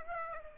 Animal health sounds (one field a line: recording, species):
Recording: mosquito wingbeat signal from an infrared sensor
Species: Aedes aegypti